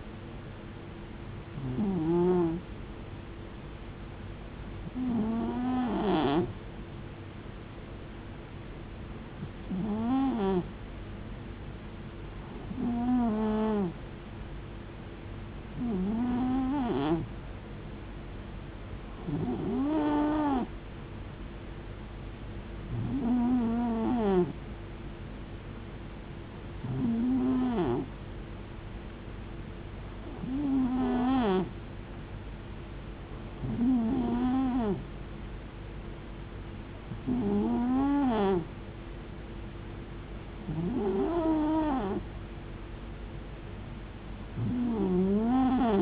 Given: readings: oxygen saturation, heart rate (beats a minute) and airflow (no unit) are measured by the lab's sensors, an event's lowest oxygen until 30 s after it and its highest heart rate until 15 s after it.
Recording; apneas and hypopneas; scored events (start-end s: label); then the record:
breathing in sleep by a voice recorder at the bedside; none
none scored
From the record:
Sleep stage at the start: N2 (light sleep); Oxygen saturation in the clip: 91 to 92%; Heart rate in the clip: 67 to 75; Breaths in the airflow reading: 14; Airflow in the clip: -5.2 to 5.0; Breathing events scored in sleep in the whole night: 389 in 6.3 hours asleep